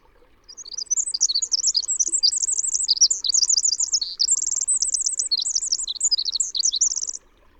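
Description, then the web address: Winter wren singing a fast, very high, bubbling stream of trills and sharp notes, running continuously for nearly seven seconds. Western North American species. "Songs of Birds of North America Know Your Bird Sounds. Winter Wren"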